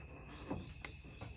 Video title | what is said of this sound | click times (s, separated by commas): How to diagnose a misfire/which cylinder and why. | Till you hear it click, | 0.8 s